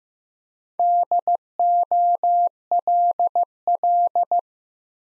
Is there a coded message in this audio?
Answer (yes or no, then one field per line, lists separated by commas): yes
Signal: Morse code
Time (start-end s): 0.8-4.4 s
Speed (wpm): 15 wpm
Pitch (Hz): 700 Hz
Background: none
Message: DOLL